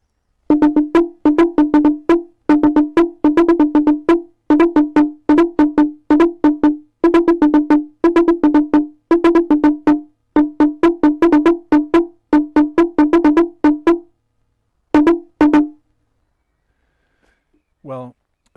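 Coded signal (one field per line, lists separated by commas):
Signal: talking drum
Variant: two-tone drum language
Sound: fast sharp wooden drum strokes on two pitches in rhythmic bursts, then a pause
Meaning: Calls the child of the white man to come quickly, as the caller is hungry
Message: ikitali baniki ... kamozungo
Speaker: so this is the message that i sent out you might be able to recognize parts of it it starts off with ikitali baniki [Laughter] [Music] kamozungo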